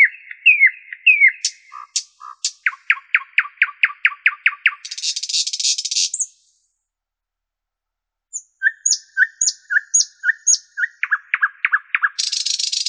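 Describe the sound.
Common nightingale song: fast series of sharp descending notes, a harsh buzzy rattle, a pause, then repeated whistled notes and another rattle.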